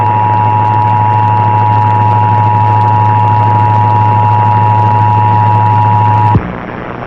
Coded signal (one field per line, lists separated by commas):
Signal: Emergency Alert System (SAME) tones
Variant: 853 and 960 Hz attention tone